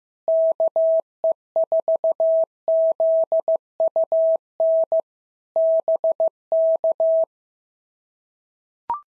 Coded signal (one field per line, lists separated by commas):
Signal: Morse code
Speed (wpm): 14 wpm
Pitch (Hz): 650 Hz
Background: none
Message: KE4ZUN BK